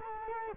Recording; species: mosquito wingbeat signal from an infrared sensor; Culex quinquefasciatus